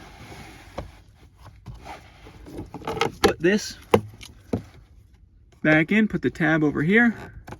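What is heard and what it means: The plastic cabin air filter access cover of a 2025 Hyundai Kona is being handled and hooked in by its tab at the HVAC filter housing behind the glove box, with short plastic knocks and taps, the sharpest near 3.9 s, while someone talks. The clip ends before the cover is pushed home, so nothing has seated or clicked yet.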